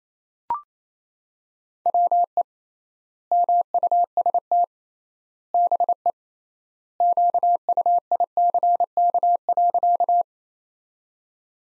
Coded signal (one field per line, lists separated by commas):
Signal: Morse code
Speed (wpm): 28 wpm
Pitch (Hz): 700 Hz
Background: none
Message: WE MUST BE QUICK.